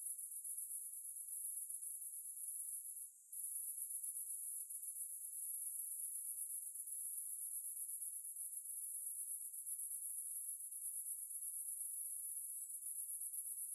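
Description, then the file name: Cicada, a dense high-pitched buzz that stays level throughout, with one short gap just after three seconds. "Ambience Cicades"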